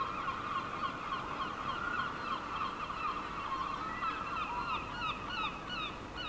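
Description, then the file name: Gulls calling together, a dense, steady chorus of short yelping cries overlapping throughout without pause. "seagulls"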